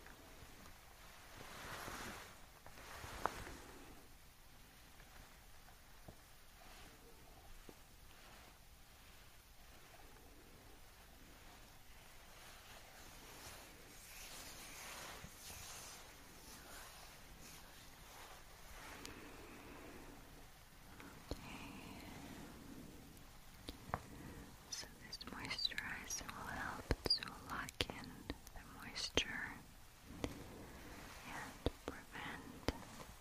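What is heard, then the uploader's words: Skin cleansing with oil and foam: a soft, steady hiss with scattered light taps and wet clicks for the first twenty seconds. After that the sounds grow busier and stickier, with dense crackling, squelching bursts from about 25 seconds to the end. Skin Cleansing, oil and foam.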